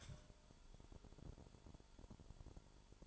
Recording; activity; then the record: daily activity, microphone in the room; take from stove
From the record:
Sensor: 5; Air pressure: 1008.2 hPa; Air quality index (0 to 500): 124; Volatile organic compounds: 1 ppm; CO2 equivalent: 953 ppm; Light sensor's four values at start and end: 28/61/26/26 and 28/62/26/26